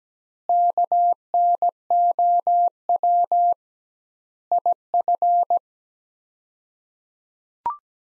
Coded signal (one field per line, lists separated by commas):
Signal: Morse code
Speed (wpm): 17 wpm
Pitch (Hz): 700 Hz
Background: none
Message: KNOW IF